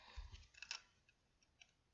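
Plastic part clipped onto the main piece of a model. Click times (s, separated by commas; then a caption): 0.7 s. A plastic part is clipped onto the other side of the main piece of a model, with soft clicks and faint rubbing. The part clicks into place at 0.7 s, and a fainter click follows near 1.6 s.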